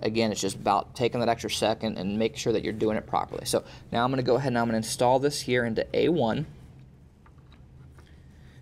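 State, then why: Not seated. A DDR4 memory module is placed into slot A1 of a Dell PowerEdge FC630 blade server motherboard DIMM slot and left resting there, with the tabs still sticking out. Someone talks for the first six seconds, then a few faint, quiet taps are heard around 7.3 to 8.1 seconds. The module is not yet seated and nothing has clicked yet.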